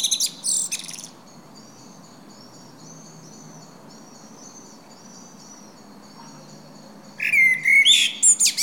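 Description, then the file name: Common blackbird song: high scratchy twitter at the start, then a long lull with repeated thin high notes from another bird, before a fluty warbled phrase with squeaky ending. "Turdus merula"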